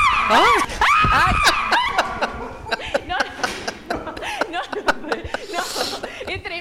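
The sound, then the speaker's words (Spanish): A girl lets out loud, high-pitched frightened screams with wavering, sliding pitch, then breaks into shorter gasping cries and nervous giggles that trail off. “re grita la chica.”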